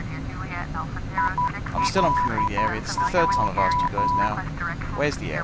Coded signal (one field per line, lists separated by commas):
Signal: Morse code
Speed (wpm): 12 wpm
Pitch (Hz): 990 Hz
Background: speech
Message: ILJ